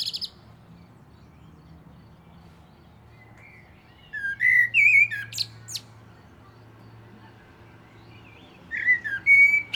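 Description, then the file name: Common blackbird singing a low, flute-like phrase followed by squeaky twittering, then silence, then another whistled phrase near the end. "Turdus merula"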